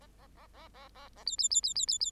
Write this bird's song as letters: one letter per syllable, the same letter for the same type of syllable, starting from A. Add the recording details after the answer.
A A A A A A A B B B B B B B. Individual Bird8